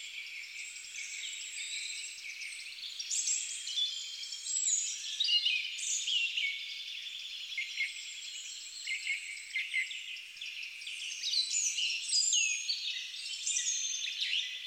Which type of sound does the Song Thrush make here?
song